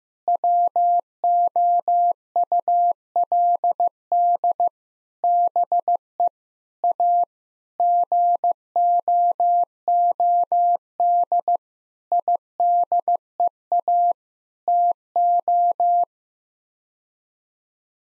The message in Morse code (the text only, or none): WOULD BE A GOOD IDEA TO